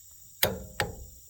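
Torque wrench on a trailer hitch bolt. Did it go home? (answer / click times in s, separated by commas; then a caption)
yes / 0.4 s, 0.8 s. A torque wrench tightening a trailer hitch bolt clicks sharply at its set torque at 0.4 s, then clicks again at 0.8 s on a re-check, each click ringing briefly into a metallic tail. The bolt is confirmed at its set torque.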